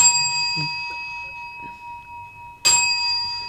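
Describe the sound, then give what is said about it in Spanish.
A midnight clock bell tolls twice, each bright metallic strike followed by a long, steady ringing hum; the second stroke lands louder than the first. “Y para finalizar, las 12 campanadas, que suenan... ¿Cómo suenan las 12 campanadas?”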